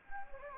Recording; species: mosquito wingbeat signal from an infrared sensor; Anopheles gambiae